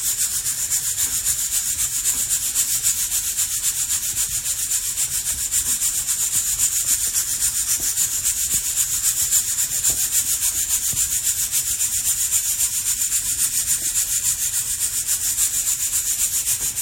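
Guatemala SHB coffee beans being roasted, with a steady, dense, bright hiss that barely changes for the whole stretch. A fast, even rubbing and scraping texture runs through it, like beans tumbling against metal, over a faint low rumble.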